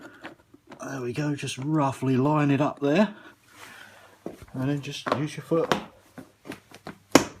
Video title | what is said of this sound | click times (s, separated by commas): Versatile flooring tiles , installation in my workshop . | can hear and sort of click into place and that's it that was it so | 7.2 s